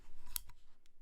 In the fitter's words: can hear that positive click